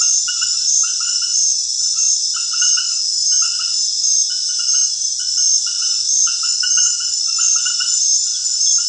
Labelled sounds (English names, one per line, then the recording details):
none
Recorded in secondary vegetation near Puerto Asís, Putumayo, Colombia, on 29 June 2025 at 21:00
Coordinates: 0.498, -76.327
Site GP09